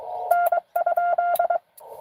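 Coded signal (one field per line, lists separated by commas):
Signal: Morse code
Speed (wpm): 22 wpm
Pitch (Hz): 1400 Hz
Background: none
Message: N?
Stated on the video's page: Live CW Parks on the Air activation.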